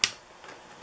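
A small plastic lens that magnifies the light on a drone's motor arm leg is turned a hair counter-clockwise until it snaps free at 0.0 s, giving one sharp, bright snap. The lens comes loose so it can be pulled up to reach a screw underneath, and after the snap only faint low noise remains.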